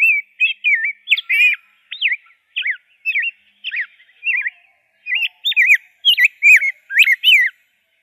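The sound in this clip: Rose-breasted grosbeak song: sweet, slurred whistled phrases rising and falling, delivered in quick bursts with short gaps between groups of notes.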